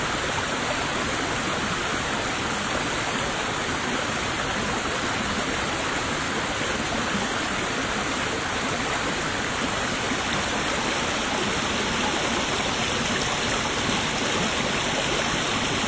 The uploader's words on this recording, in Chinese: 3D录音 山涧泉水。前两天的下午跑到学校后面的岳麓山小路上录的。估计因为是傍晚了，没什么鸟叫。